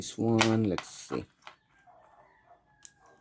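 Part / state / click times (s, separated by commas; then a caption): strap end into smartwatch case strap mount / seated / 2.8 s. Someone talks while pushing a strap end onto the strap mount of a Z8 Ultra Max smartwatch body, and a faint tap is heard at 1.5 seconds. A sharp, brief click at 2.9 seconds marks the strap latching, leaving it locked onto the watch.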